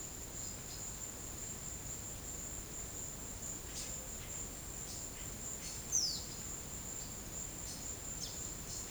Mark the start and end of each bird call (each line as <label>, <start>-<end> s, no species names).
bird call, 5.89-6.25 s